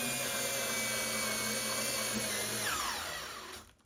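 A drill steadily drives a scored screw through a depth control device, through the carpet and subfloor toward the joist under a floorboard, with a continuous motor whine and a tone that sweeps downward near 2.7 s as the drill slows. The sound fades out by about 3.7 s. The screw has not yet snapped off at set depth, and nothing has seated.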